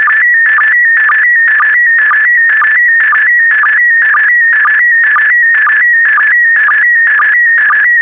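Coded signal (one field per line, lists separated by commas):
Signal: SSTV (slow-scan television)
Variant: PD120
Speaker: Five, four, three, two, one. Transmission complete. You can now check your decoded image against the picture that is shown on the video.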